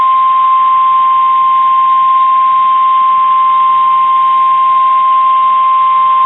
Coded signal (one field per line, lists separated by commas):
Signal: Emergency Alert System (SAME) tones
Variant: 1050 Hz attention tone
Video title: Severe Thunderstorm Watch #71 | EAS #541